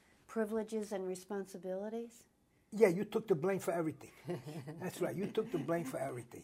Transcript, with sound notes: privileges and responsibilities?
Yeah you took the blame for everything. (Laughs) That's right you took the blame for everything.